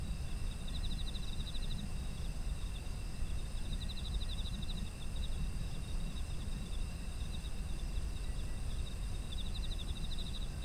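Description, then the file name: Insect chorus with repeated pulsed chirp bursts and a continuous high whine, under a strong low-frequency rumble. Autumn insect ambient sound. "秋の虫の環境音"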